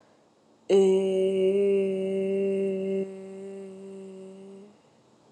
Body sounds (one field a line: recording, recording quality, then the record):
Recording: sustained vowel as in made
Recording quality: excellent, no background noise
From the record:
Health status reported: COVID-19 positive, mild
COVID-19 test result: positive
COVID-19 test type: RT-PCR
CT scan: not taken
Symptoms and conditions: cough, cold, sore throat, fever, fatigue, muscle pain, loss of smell and taste, asthma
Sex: female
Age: 25 years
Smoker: no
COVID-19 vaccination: both doses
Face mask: not worn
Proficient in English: yes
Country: India